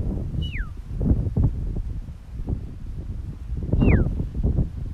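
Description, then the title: Red-tailed hawk calls, two clear descending screams about three seconds apart, over steady gusting wind. Calling over San Pedro on a windy day. "Red tailed Hawk talking over windy San Pedro"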